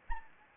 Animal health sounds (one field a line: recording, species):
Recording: mosquito wingbeat signal from an infrared sensor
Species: Anopheles arabiensis